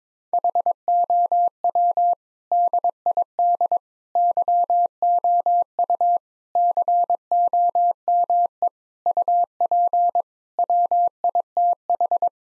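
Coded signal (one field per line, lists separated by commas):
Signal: Morse code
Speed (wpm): 22 wpm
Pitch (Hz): 700 Hz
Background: none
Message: HOW DID YOU COME UP WITH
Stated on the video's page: Morse code practice at 22 wpm: sentences built from common seven-word phrases, each sent, then spoken, then sent again, for head-copy.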